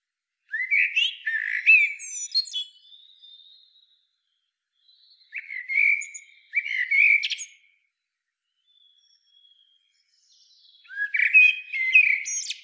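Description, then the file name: Common blackbird with fluting, melodious phrases broken by high chittering, three bursts spaced several seconds apart, faint extra notes in the pauses. "Turdus merula"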